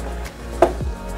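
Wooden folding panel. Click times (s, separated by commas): 0.6 s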